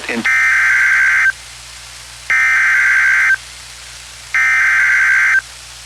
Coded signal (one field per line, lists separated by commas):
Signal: Emergency Alert System (SAME) tones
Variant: header bursts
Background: speech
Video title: EAS #11- Severe Thunderstorm Warning